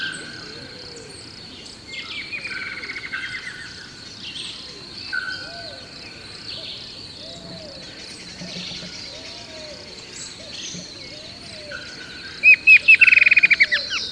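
Bird calling with soft chirps over a steady insect-like buzz, ending in a brief loud burst of rapid notes.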